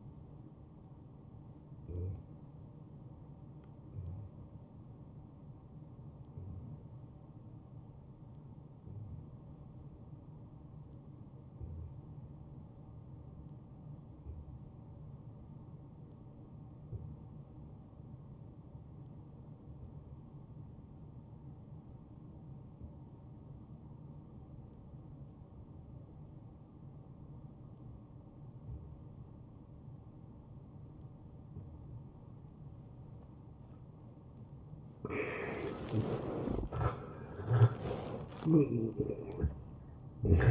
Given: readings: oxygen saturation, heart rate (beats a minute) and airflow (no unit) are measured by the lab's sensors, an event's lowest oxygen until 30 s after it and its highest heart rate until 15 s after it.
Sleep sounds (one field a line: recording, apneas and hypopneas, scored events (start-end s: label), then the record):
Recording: breathing in sleep by a smartphone at the bedside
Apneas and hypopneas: 1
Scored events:
7.00-33.90 s: obstructive apnea (N1, oxygen 92% highest, then 84% lowest)
10.00-40.51 s: new sleep stage, N2 (light sleep)
From the record:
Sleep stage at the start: N1 (lightest sleep)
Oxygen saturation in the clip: 85 to 92%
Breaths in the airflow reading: 5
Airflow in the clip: -11.4 to 6.2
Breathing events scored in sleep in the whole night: 263 in 5.5 hours asleep